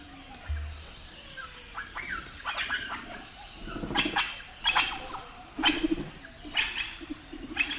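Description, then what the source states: Bird wings fluttering in several short, noisy bursts in the second half, after a few faint chirps, with a quiet background hiss. Forest.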